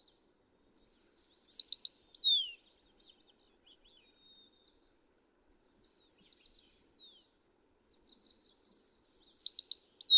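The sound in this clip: American tree sparrow song, two bright high phrases opening with clear whistles, then a quick jumble of sweet notes ending in a falling slur, with faint twitters between.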